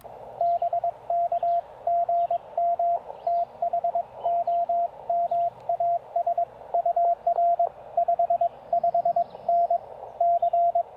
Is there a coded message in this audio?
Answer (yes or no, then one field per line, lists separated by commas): yes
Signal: Morse code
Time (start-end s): 0.4-10.8 s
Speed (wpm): 20 wpm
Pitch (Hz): 690 Hz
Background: radio noise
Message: BK GM THOMAS UR 55N C